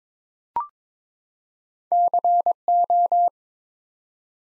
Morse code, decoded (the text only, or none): CO